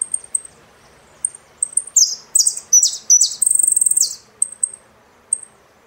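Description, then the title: Saffron finch song: a few thin high chips lead into falling slurred notes and a quick buzzy trill, then sparse chips return. "Jilguero Argentino"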